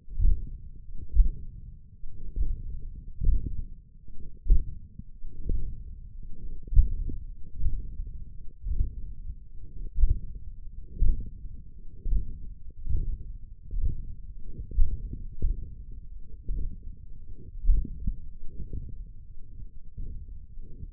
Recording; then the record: forearm muscle sounds (acoustic myography)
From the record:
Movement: hook grip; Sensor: system 1, eight BSWA MPA416 microphones around the upper forearm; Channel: 3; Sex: male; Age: 20 years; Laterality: left